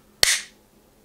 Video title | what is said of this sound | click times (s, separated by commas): How to Field Strip: Smith & Wesson Mod. 39-2 (disassembly & reassembly) | Then we insert the Slide Stop Lever back inside the Frame, and push it until it snaps into place. | 0.2 s